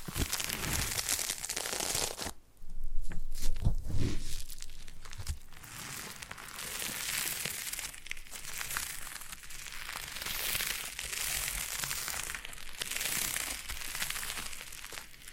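Foam being massaged and squeezed gives a dense, bright crinkling and crackling that runs through the whole clip in uneven swells. Near the three-second mark a louder burst of thicker squishing and crunching stands out, then the texture settles into steadier rustling.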